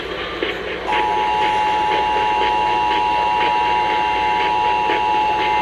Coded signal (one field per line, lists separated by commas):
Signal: Emergency Alert System (SAME) tones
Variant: 853 and 960 Hz attention tone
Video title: FFW on 11 stations (8/10/22) EAS 1463-1474 part 2